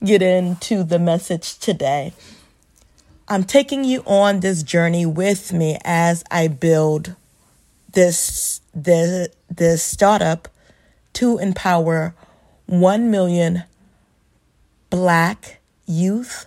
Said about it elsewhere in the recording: I am a stutterer, so you will hear me stumble upon words. Breathe, and eventually I will say the word that I need to say.